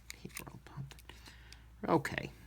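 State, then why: Not seated. While reassembling a Camillus folding knife (Sizzle, Wildfire or Heat), the blade stop pin is handled at the handle because it has not seated. Someone talks quietly over small sharp ticks of handling, with a louder scraping burst near 1.9 s. Nothing has seated or clicked yet.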